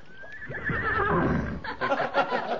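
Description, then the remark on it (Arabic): A saddled, bridled horse gives a loud, shrill neigh that starts high and wavers downward, followed by rough snorting, breathy sounds for about a second. “انا حمسك لك الحصان.”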